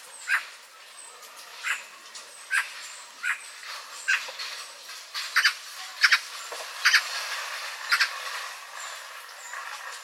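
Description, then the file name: Eurasian magpie repeating rough, rasping calls, single and paired, over faint high whistling from other birds. "Pica pica"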